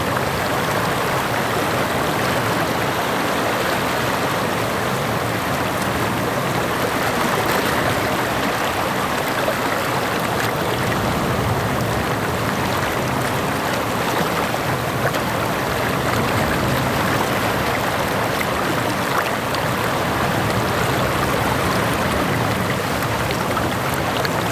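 Gentle waves wash steadily against the shore in a dense, even rush with no distinct breaks, fairly bright throughout.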